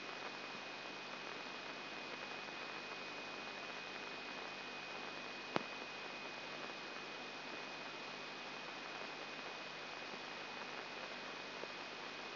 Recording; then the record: brain microelectrode recording played as sound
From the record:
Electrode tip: outside the subthalamic nucleus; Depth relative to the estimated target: 3 mm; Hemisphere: right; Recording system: AlphaMap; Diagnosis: Parkinson's disease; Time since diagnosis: 8 years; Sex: female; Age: 37 years